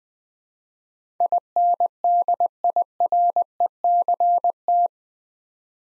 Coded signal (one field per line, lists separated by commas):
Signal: Morse code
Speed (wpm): 20 wpm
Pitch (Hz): 700 Hz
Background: none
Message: INDIRECT